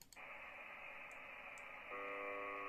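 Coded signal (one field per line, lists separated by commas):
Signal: channel marker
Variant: UVB-76 (The Buzzer)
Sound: hiss of shortwave static, then a harsh low buzz starts near the end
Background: radio static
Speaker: you can hear the buzzing because we are tuned to 4.625 MHz which is the frequency of the Russian buzzer which is the UVB 76 station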